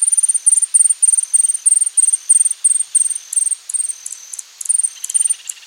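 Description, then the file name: Hummingbird giving rapid runs of sharp, very high-pitched chips, grouped in short stuttering bursts, ending with more scattered ticks. "picabronce"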